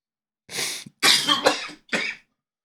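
Four harsh, breathy adult coughs in quick succession, a coughing fit right after inhaling smoke from a bong hit, the first smoke in several hours.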